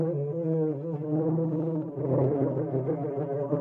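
Bees humming in a dense, continuous drone of layered buzzing tones that swell and waver slightly throughout.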